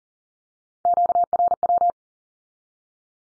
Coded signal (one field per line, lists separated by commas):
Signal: Morse code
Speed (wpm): 38 wpm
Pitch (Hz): 700 Hz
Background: none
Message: QRW